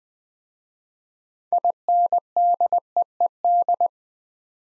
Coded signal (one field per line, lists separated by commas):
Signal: Morse code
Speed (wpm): 20 wpm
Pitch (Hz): 700 Hz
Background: none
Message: INDEED